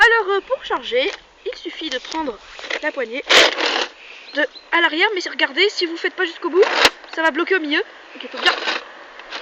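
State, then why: Not seated. A person handles the heavy plastic priming handle at the rear of a Nerf Mega Centurion foam dart blaster, pulling it back to latch the plunger, while someone talks throughout. Brief handling knocks and scrapes are heard around 3.4 s, 6.9 s and 9.2 s. Nothing has seated or clicked yet when the clip ends.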